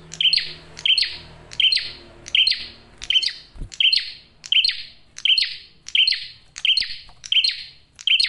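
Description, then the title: Prinia repeating a sharp chirp with a harsh buzzy tail at an even pace, roughly every two-thirds of a second, about twelve notes. Male singing loudly and clearly; used to lure birds and attract females. "PRENJAK JANTAN GACOR SUARA JERNIH, RAPET. " COCOK UNTUK PIKAT MAUPUN PANCINGAN BETINA "."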